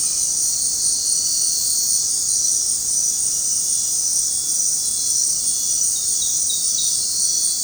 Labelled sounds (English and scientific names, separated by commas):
none